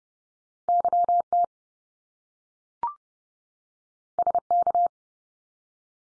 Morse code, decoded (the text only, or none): YT SK